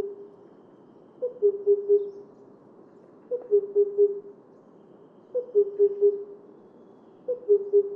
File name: Himalayan cuckoo